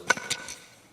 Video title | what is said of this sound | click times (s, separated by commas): Death Reviews: Hardhead/Furos - Titans Return | and complete the legs by accordioning out these hinges until they lock into place to form the robot knees. | 0.1 s